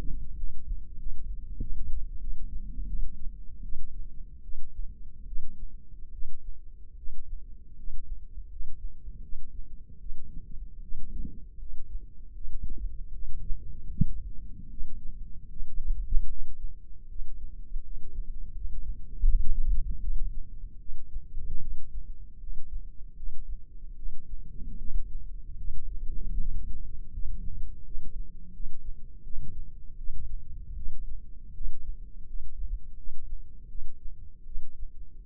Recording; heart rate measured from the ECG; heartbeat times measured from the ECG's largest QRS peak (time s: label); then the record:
heart sounds by microphone in the left ear; 79 bpm
0.35 s: heartbeat
0.97 s: heartbeat
1.59 s: heartbeat
2.19 s: heartbeat
2.86 s: heartbeat
3.61 s: heartbeat
4.41 s: heartbeat
5.25 s: heartbeat
6.10 s: heartbeat
6.95 s: heartbeat
7.75 s: heartbeat
8.48 s: heartbeat
9.20 s: heartbeat
9.98 s: heartbeat
10.80 s: heartbeat
11.57 s: heartbeat
12.33 s: heartbeat
13.11 s: heartbeat
13.89 s: heartbeat
14.68 s: heartbeat
15.48 s: heartbeat
16.27 s: heartbeat
17.07 s: heartbeat
17.82 s: heartbeat
18.53 s: heartbeat
19.24 s: heartbeat
19.98 s: heartbeat
20.77 s: heartbeat
21.59 s: heartbeat
22.38 s: heartbeat
23.14 s: heartbeat
23.94 s: heartbeat
24.76 s: heartbeat
25.56 s: heartbeat
26.36 s: heartbeat
27.10 s: heartbeat
27.82 s: heartbeat
28.51 s: heartbeat
29.22 s: heartbeat
29.96 s: heartbeat
30.74 s: heartbeat
31.52 s: heartbeat
32.25 s: heartbeat
32.95 s: heartbeat
33.67 s: heartbeat
34.44 s: heartbeat
35.24 s: heartbeat
From the record:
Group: healthy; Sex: female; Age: 19 years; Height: 163 cm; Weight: 51 kg